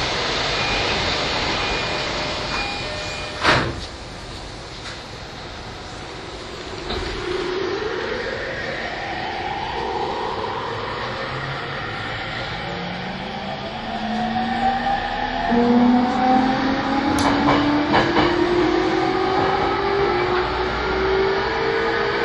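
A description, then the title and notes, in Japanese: An E231 series Yamanote Line train on the outer loop, running under a steady rumble. From about seven seconds, motor whines rise in pitch as the train speeds up, growing louder after fourteen seconds, with sharp knocks near 3.5, 7 and 17 seconds. E231系 山手線外回り01 東京～東京。2010年代当時山手線で主力車両だった、E231系山手線外回りを収録したものです。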